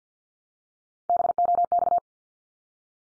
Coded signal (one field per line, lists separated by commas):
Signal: Morse code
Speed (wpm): 50 wpm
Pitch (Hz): 700 Hz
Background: none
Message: BOX